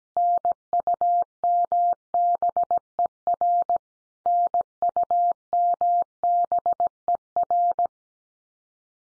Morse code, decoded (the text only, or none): NUMBER NUMBER